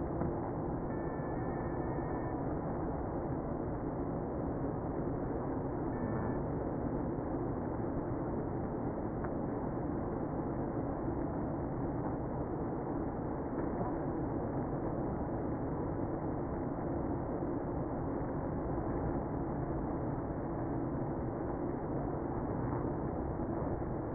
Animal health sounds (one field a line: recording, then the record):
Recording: honeybee colony, microphone inside the hive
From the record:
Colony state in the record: queenless (queen removed)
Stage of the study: after two queens were removed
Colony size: about 60,000 bees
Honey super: yes